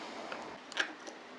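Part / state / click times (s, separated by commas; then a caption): drag clutch into fishing reel body post / seated / 0.8 s. The drag clutch of an Abu Cardinal 152 fishing reel is pressed down into the reel body so the divot underneath it locates on a post. Faint ticks come at 0.3 and 0.7 seconds, then a sharper click at 0.8 seconds as the clutch clicks down and seats on the post.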